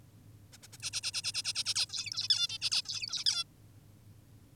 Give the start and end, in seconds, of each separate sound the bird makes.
0.52-0.58, 0.62-0.68, 0.73-0.77, 0.82-0.90, 0.93-1.01, 1.03-1.12, 1.14-1.22, 1.24-1.32, 1.34-1.42, 1.44-1.53, 1.55-1.64, 1.66-1.74, 1.76-1.86, 1.90-2.28, 2.30-2.48, 2.49-2.58, 2.62-2.70, 2.72-2.82, 2.86-3.24, 3.26-3.44